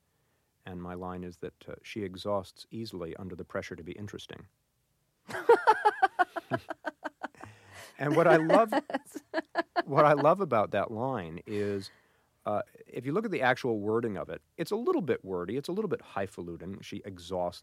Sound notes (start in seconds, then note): 5.3 laughs; 10.6 laughs